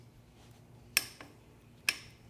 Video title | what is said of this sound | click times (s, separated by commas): How To Change Your Oil - Yamaha R7 | You can hear it click. | 1.0 s, 1.9 s